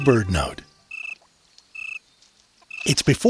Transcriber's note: A quiet cricket chirping